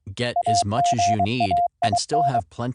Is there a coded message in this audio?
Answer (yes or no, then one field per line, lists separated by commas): yes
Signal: Morse code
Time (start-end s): 0.4-2.4 s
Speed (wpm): 23 wpm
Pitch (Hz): 700 Hz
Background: speech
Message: AGAIN